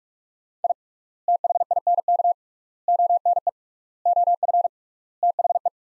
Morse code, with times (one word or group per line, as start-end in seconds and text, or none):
0.6-0.7 I
1.3-2.3 THINK
2.9-3.5 ONE
4.1-4.7 OF
5.2-5.7 THE